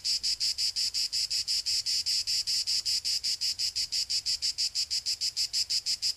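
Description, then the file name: Cicada song: a high, hissing buzz pulsing steadily and rapidly, each pulse swelling and fading, with nothing else notable heard. "Cicada 2 euroblues"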